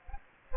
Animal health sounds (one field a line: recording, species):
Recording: mosquito wingbeat signal from an infrared sensor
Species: Aedes aegypti